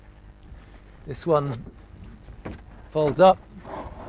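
A folding seat on a boat is handled as it is flipped up toward its upright locked position while someone talks, with a faint bump near 0.4 s and a brief sharp knock near 2.5 s. The clip ends before the seat goes home, so nothing has seated or clicked yet.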